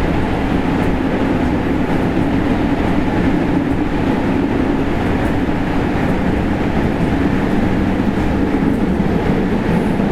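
Steady running noise of an electric commuter train: a constant low rumble and roar with faint rhythmic clatter, unchanging throughout.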